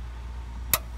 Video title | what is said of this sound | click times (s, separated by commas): Coleman gov replacement part 3 | okay I heard it snap in | 0.7 s